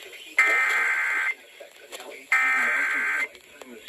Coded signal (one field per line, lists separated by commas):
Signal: Emergency Alert System (SAME) tones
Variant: header bursts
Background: speech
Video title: Severe Thunderstorm Warning On Multiple Stations on 106.3,98.3,KUAO,103.9 And KEC78 EAS#540-544